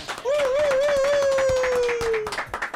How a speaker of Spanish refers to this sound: Aquí te vamos a mandar el tremendo aplauso para ti.